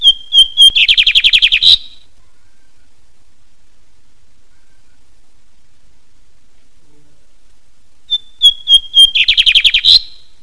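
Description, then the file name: Lined seedeater song: three or four clear high whistled notes followed by a fast buzzy trill, given twice about eight seconds apart with silence between. "bigode de bigodinho"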